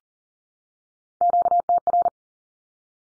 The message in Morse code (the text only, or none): QTR